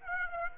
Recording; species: mosquito wingbeat signal from an infrared sensor; Aedes aegypti